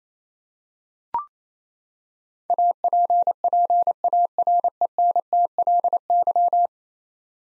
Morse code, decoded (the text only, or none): APPARENTLY